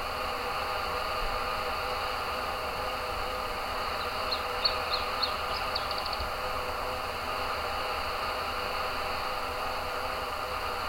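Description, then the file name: Iberian chiffchaff song: a short run of thin high notes that speed up into a quick terminal trill, heard over a steady low hum. "Iberian Zilpzalp Kai Kruse"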